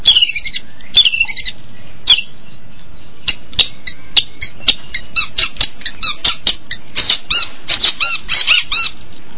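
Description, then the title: Long-tailed shrike song: a varied run of sharp clicks and looping whistled notes that grows faster and denser toward the end, with steady soft background noise. Combination song style. "Cendet Kombinasi"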